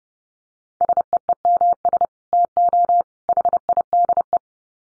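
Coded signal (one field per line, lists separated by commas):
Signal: Morse code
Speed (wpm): 30 wpm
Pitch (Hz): 700 Hz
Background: none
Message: SEEMS TO HIDE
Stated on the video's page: Morse code head-copy drill at 30 wpm of short phrases made almost entirely of dits (E, I, S, H, 5).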